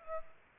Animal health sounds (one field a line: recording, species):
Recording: mosquito wingbeat signal from an infrared sensor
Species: Aedes aegypti